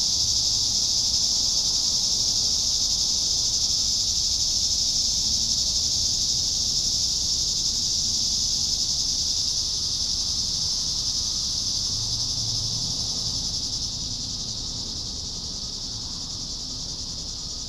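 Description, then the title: Cicadas fill the air with a continuous high-pitched drone that fades a little in the last few seconds. "neoscenes: cicadas"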